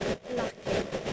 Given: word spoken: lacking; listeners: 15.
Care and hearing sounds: one English word in noise, from a listening test; noise modulated by three-talker babble; -6.4 dB; 0 of 15; 15 of 15; 0.74 s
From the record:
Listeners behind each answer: 15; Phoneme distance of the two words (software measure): 27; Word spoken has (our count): 2 syllables, 5 phonemes, stress on syllable 1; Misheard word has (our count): 2 syllables, 4 phonemes, stress on syllable 1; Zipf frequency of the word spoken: 3.79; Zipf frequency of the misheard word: 5.03

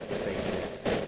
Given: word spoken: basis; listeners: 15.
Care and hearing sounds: one English word in noise, from a listening test; noise modulated by three-talker babble; -6.5 dB; 5 of 15; 8 of 15; 0.68 s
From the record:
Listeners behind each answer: 8, 5, 1, 1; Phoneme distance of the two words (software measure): 20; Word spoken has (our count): 2 syllables, 5 phonemes, stress on syllable 1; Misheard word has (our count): 2 syllables, 5 phonemes, stress on syllable 1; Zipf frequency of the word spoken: 4.63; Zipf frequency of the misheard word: 4.66

